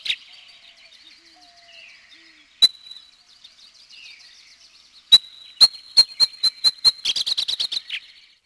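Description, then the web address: Abert's Towhee calls: a lone sharp high note, then after a pause a series of sharp notes speeding up into a rapid squealing chatter, with faint twittering behind. "Peterson North American Birds. abto"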